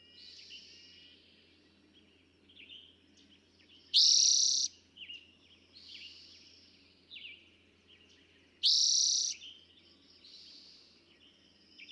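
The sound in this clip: Eastern towhee song: a loud, ringing trill lasting under a second, given twice about five seconds apart, with soft chirps in between.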